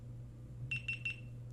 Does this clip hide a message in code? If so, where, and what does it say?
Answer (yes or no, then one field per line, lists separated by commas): no